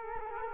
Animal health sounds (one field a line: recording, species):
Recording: mosquito wingbeat signal from an infrared sensor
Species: Culex quinquefasciatus